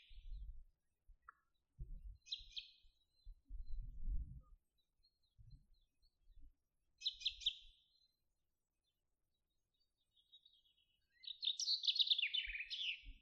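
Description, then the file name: Common chaffinch sings: scattered high chipping notes, then a descending trill with a final flourish near the end, amid intermittent low rumbling thumps. "Fringilla coelebs"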